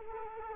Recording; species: mosquito wingbeat signal from an infrared sensor; Culex quinquefasciatus